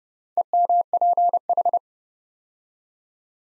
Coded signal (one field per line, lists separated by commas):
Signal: Morse code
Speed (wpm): 30 wpm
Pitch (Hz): 700 Hz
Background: none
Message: EMPH